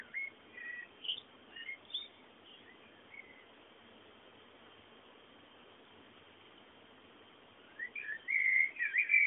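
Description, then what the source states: A few faint bird chirps open, then a long quiet gap before a busy burst of twittering notes at the end. Background bird sounds.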